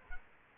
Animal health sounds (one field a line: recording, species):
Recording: mosquito wingbeat signal from an infrared sensor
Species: Culex quinquefasciatus